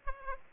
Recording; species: mosquito wingbeat signal from an infrared sensor; Aedes aegypti